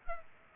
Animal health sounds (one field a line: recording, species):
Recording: mosquito wingbeat signal from an infrared sensor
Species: Culex pipiens